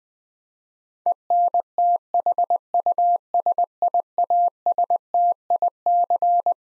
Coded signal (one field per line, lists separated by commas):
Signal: Morse code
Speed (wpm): 20 wpm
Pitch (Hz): 700 Hz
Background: none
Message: ENTHUSIASTIC